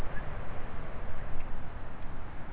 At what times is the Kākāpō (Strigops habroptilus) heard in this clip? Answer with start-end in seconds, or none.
none